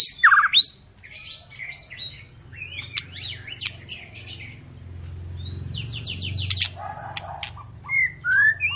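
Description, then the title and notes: White-rumped shama song mixing harsh buzzy notes, rapid clicking series and slurred whistles, delivered in energetic bursts. Lure recording of a white-rumped shama (murai batu) in long, continuous song, used to prompt other birds to sing; 'gacor panjang' means prolonged nonstop singing. "Pancingan Murai Batu Gacor Panjang. muraiku"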